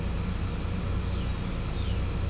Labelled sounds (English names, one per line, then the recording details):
none
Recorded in pastures near Puerto Asís, Putumayo, Colombia, on 18 December 2024 at 08:30
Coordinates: 0.505, -76.324
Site G063